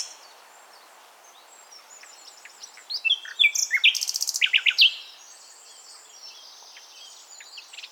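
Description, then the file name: Common nightingale singing a varied phrase of quick, rattling trills and buzzy notes, loudest in the middle, with quieter high twitters before and after. "Luscinia megarhynchos"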